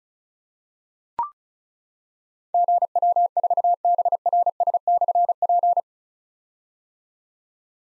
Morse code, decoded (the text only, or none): GW4BRS/P